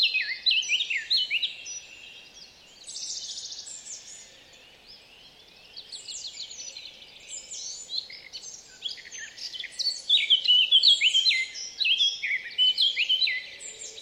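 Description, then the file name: Eurasian blackcap song, bursts of fast, varied warbling separated by quieter stretches, with a loud string of clear whistled phrases near the end. "Sylvia atricapilla"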